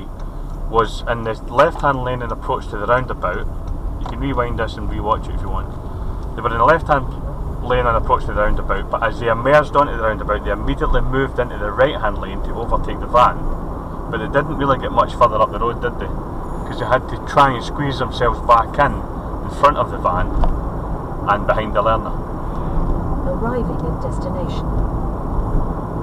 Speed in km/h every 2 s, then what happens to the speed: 26, 27, 27, 31, 39, 44, 45, 45, 47, 47, 48, 48, 50.
0-10 speeds up to 44. 10-26 steady at about 47.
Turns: 0-7.